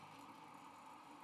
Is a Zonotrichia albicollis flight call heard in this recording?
no